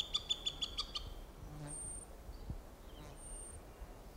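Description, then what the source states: Cooper's hawk giving a rapid series of harsh, evenly spaced notes for about a second, followed by thin, high whistles over a low background rumble. Juvenile bird, recorded on July 21, 1995.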